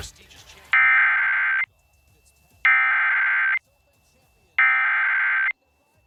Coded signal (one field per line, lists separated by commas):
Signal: Emergency Alert System (SAME) tones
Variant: header bursts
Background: speech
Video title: EAS #795-805: NWR and EAS 8 Severe Thunderstorm Warnings and 1 Flash Flood Warning- May 21, 2023